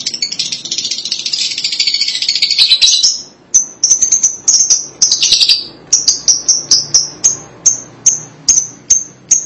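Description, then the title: Lovebird calls: a long stretch of rapid shrill chattering, then a series of evenly spaced high chirps. "BM Suara Burung Lovebird"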